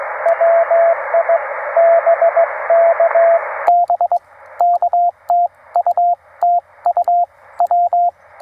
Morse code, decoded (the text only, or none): WI BKB KT U T U W